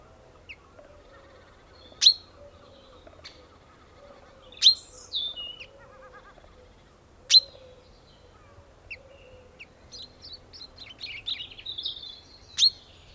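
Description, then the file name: Common chaffinch giving a few sharp, high single call notes at intervals of a few seconds, with some softer twittering notes and a low steady hum beneath. "Fringilla coelebs"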